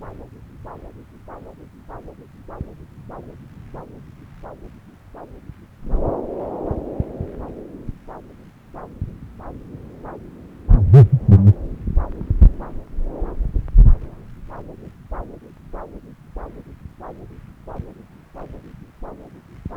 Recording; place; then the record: Doppler ultrasound of blood flow; right subclavian vein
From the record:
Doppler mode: continuous wave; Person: adult scuba diver, at rest before a dive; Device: O'Dive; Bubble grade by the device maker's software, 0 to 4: 0